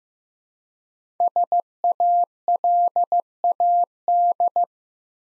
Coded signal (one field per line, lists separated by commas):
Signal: Morse code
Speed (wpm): 15 wpm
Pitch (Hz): 700 Hz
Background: none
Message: SALAD